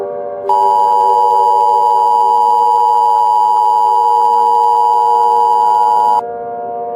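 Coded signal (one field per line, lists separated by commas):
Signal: Emergency Alert System (SAME) tones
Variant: 853 and 960 Hz attention tone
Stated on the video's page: Fictional tsunami EAS mock on VHS about a meteor hitting Lake Michigan; contains valid tones but is not real.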